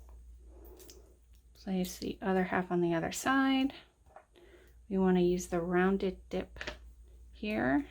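The top half of a metal snap, the cap, is placed through the punched hole in the fabric or leather tab of a wallet, before the other half goes on and before the setting tool presses it. Only faint handling sounds are heard while someone talks. Nothing has clicked or seated yet.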